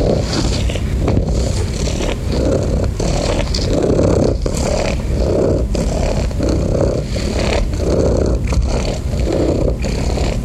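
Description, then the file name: Cat purr, steady low rumbling broken by brief dips with each breath, continuous throughout. "SOUNDS FX MASTER - The Sound of a Cat Purring"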